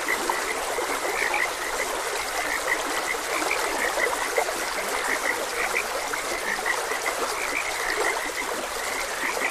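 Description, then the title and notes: Frogs give brief repeated croaks, scattered throughout, against the continuous hiss of a flowing stream. Frogs croaking beside a gentle stream. "Gentle Stream and Frogs Croaking. Sleep and Relaxation Podcast"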